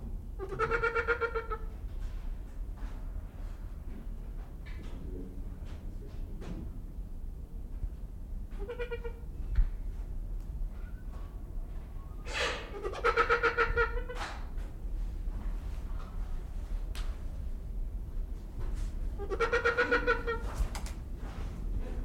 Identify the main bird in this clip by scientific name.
Bycanistes bucinator